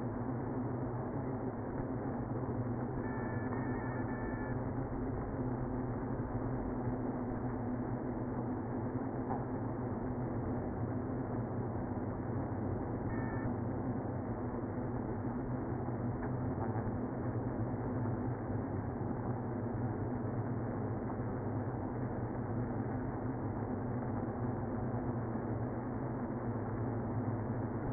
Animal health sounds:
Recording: honeybee colony, microphone inside the hive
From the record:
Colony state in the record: queenless (queen removed)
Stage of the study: after two queens were removed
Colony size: about 60,000 bees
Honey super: yes

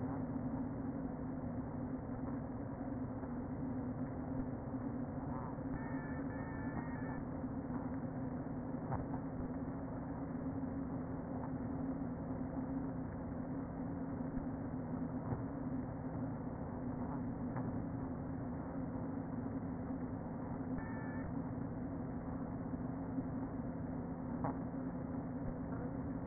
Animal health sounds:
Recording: honeybee colony, microphone inside the hive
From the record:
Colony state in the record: queen present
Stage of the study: before two queens were removed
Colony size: about 60,000 bees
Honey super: yes

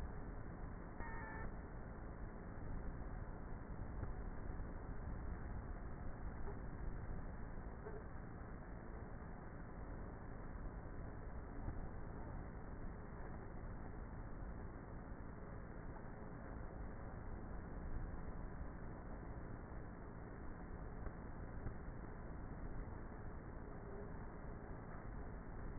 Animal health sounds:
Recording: honeybee colony, microphone inside the hive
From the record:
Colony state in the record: queenless with a low population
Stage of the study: before two queens were removed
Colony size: about 30,000 bees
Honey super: no

